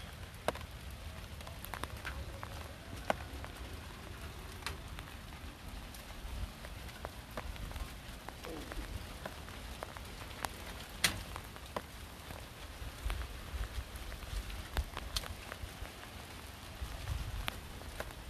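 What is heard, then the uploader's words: Rain falls at night in a steady, soft hiss, with scattered individual drops ticking sharply and irregularly, a few every second. A low rumble sits underneath throughout, and the overall level stays even for the whole stretch. Rainy night at 3 am. Went outside for a nice rain break.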